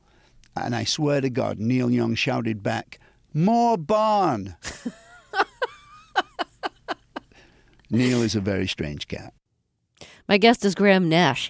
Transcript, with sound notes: And I swear to god, Neil Young shouted back: More barn!
(LAUGHTER)
Neil is a very strange cat.
My guest is Graham Nash.